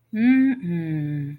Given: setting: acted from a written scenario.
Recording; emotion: vocal sound without words; serenity